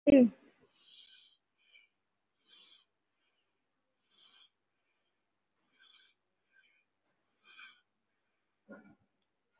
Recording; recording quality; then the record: deep breathing; excellent, no background noise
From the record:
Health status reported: COVID-19 positive, mild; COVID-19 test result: positive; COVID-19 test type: RT-PCR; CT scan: taken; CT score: 0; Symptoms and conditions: cough, cold, sore throat, fever, fatigue, muscle pain, diarrhoea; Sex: male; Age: 47 years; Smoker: no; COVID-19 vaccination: one dose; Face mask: worn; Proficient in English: yes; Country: India